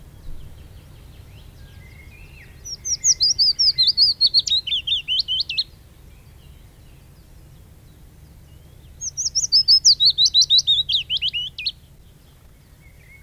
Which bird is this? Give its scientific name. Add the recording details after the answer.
Phylloscopus trochilus. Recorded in the wild. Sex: male. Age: adult. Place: Röttenbach, Bayern, DE. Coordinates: 49.6683, 10.9244. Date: 1963-07-06. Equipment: Vollspur, Original. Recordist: Tretzel, Erwin. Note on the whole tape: Röttenbach C: Fitis: Gesang mit "Amselzetern". Teil a mit Störung durch Kleinflugzeug - Teil b störungsarm